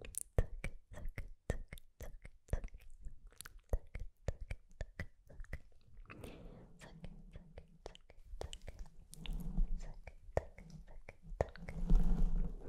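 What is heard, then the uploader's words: Mouth sounds with lip gloss application: a quick run of sharp, wet clicks and taps fills the first six seconds. After that the clicks grow denser and mix with soft, low murmuring and sticky lip smacks, and the loudest stretch comes near the end. MOUTH SOUNDS, LIPGLOSS APPLICATION (sksk, tktk, ticotico, zaczac) ASMR.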